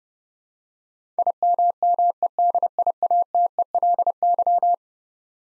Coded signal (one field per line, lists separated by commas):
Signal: Morse code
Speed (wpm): 30 wpm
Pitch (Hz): 700 Hz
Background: none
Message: IMMEDIATELY